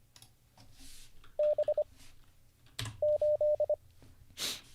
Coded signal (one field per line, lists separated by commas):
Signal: Morse code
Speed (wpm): 25 wpm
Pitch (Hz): 600 Hz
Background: none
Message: B 8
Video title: How to Learn Morse Code (Day 39) [Livestream]